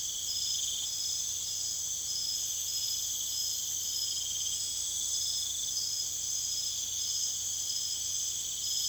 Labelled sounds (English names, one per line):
none